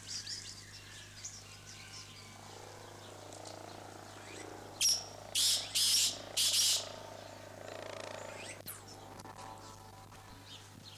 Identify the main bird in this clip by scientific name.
Francolinus francolinus